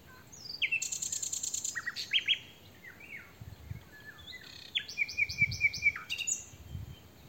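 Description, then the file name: Common nightingale song, a varied run of buzzy trills, downslurred whistles and a quick series of repeated notes. "Luscinia megarhynchos"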